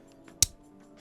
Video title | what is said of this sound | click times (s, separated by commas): Is Death Quetzalcoatl The ULTIMATE Balance Type!!? - Beyblade Unboxing & Battles | yes there's the satisfying click and there you have it death Coss AAL 125 | 0.4 s